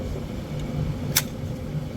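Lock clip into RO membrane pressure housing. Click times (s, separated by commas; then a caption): 1.2 s. A lock clip is pushed slowly into the membrane pressure housing of a 100 LPH RO plant while being rotated, then pressed firmly over a steady low hum. A single sharp snap at 1.2 s marks the clip locking home, and it is seated. Someone talks.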